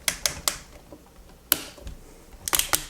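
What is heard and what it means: The arm sections of a plastic Transformers Cybertron / Galaxy Force Supreme King Starscream transforming robot figure are flipped out and up into the figure's body. Sharp plastic ticks come around 0.1, 0.3 and 0.5 seconds, then the loudest, crispest snap at 1.5 seconds as the arm seats into place. A quick cluster of clicks follows between 2.5 and 2.8 seconds.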